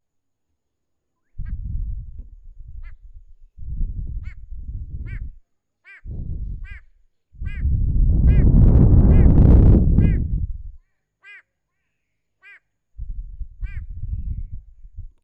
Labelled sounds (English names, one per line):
White-bellied Go-away-bird